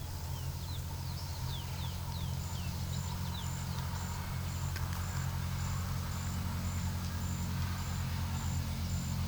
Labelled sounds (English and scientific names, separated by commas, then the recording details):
Chestnut-bellied Seed Finch (Sporophila angolensis)
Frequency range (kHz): Chestnut-bellied Seed Finch (Sporophila angolensis) 1.8-5.7 kHz
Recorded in pastures near Puerto Asís, Putumayo, Colombia, on 30 June 2025 at 11:30
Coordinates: 0.497, -76.327
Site G040